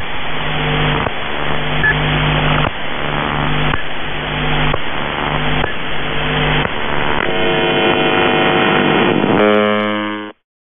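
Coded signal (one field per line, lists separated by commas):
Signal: channel marker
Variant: UVB-76 (The Buzzer)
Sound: harsh low droning buzzes in roughly one-second chunks, irregular, ending with a cleaner buzz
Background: radio static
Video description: "The Buzzer" is a Russian military radiostation that broadcasts on 4625 kHz.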